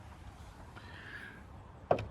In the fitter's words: top one in place bang look how easy that is